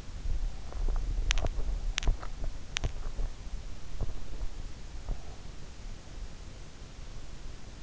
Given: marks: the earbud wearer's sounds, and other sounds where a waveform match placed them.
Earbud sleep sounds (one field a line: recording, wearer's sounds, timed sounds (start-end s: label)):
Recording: sounds in sleep by an in-ear microphone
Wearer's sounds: teeth grinding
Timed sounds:
0.60-5.29 s: teeth grinding